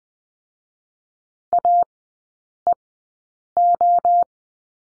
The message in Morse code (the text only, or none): AEO